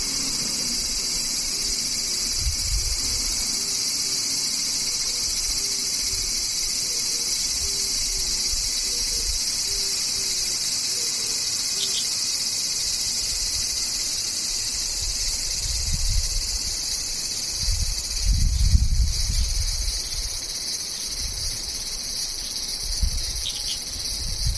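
Cicadas drone without pause, a dense, bright, high buzzing that holds steady for the whole stretch. Beneath it, soft low rumbles swell now and then, strongest around nineteen seconds, and a faint repeating chirp pulses in the low-middle range early on.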